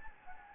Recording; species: mosquito wingbeat signal from an infrared sensor; Anopheles gambiae